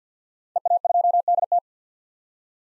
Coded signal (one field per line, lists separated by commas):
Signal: Morse code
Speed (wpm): 49 wpm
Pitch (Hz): 700 Hz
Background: none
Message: EA2DT